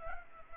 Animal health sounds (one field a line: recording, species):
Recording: mosquito wingbeat signal from an infrared sensor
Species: Culex pipiens